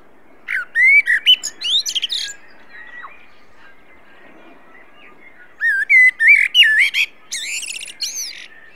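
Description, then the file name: Common blackbird delivering two song phrases, each starting with fluty warbled notes and ending in high, scratchy twitters, with a long pause between them. "Turdus merula"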